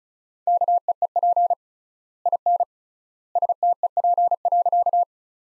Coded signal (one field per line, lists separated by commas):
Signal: Morse code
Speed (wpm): 35 wpm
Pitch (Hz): 700 Hz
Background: none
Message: KEEP IN STEP.